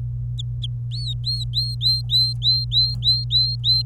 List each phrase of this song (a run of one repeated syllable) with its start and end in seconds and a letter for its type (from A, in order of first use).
0.39-0.66 A, 0.91-3.82 B